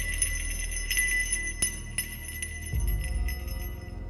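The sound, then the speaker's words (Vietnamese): A small hand bell, taken from a shoulder bag by the ritual master Thầy Viên, is shaken repeatedly as he mutters an incantation, its bright, high ringing tones overlapping and sustaining throughout, with a few sharper clinks and a low rumble underneath. “Thầy Viên lấy từ trong cái túi đeo ở sau vai ra một quả chuông nhỏ. Sau đó miệng của thầy cứ dì dầm cái gì, tay thầy lắc chuông.”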